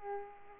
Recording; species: mosquito wingbeat signal from an infrared sensor; Aedes aegypti